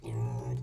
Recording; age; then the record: pig call; weaner (32 to 43 days)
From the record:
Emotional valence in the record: negative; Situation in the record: long isolation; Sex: female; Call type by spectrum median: low-frequency call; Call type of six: low-frequency stable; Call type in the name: low-frequency stable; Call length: 0.63 s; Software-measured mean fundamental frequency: 59 Hz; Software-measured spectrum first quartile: 116 Hz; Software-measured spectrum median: 162 Hz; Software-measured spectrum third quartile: 442 Hz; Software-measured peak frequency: 122 Hz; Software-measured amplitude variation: 104 dB a second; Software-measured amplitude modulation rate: 19.8 a second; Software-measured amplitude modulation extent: 5.3 dB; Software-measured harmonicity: -0.2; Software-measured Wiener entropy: -0.43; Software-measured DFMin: 631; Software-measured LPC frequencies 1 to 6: 865, 2468, 3446, 4735, 6202, 7261 Hz